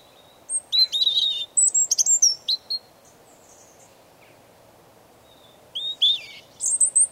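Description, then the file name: European robin singing thin, high whistled phrases mixed with fast twittering trills, two bursts separated by a few seconds of quiet, over a soft low hiss. "Erithacus rubecula"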